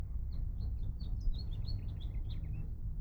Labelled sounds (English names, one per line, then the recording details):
House Finch song
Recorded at Atlantic Beach West on Long Island, New York, on 2 June 1975
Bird C